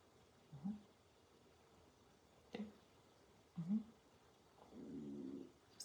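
A few low, gurgling rumbles within six seconds: audible stomach growling from an adult's abdomen, ordinary gut sounds, not flatus.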